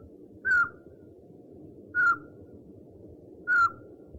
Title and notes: Sovy - Eulen - Owls. 69 variant hlasů - 11 druhů sov